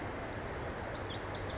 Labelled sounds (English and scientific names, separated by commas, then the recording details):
Pacific Wren (Troglodytes pacificus)
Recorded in Sonoma County, California